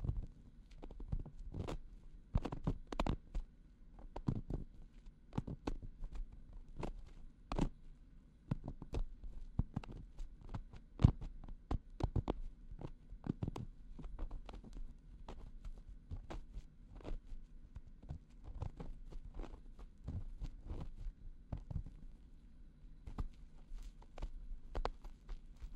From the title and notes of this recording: 手指掏耳．梵天．凡士林按摩 | EarMassage | NO Talking.